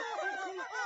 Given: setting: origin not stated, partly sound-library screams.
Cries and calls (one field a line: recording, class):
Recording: one-second piece from a danger detection set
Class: woman in danger